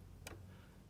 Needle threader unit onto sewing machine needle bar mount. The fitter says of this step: and if you look real close, it's gonna snap into place.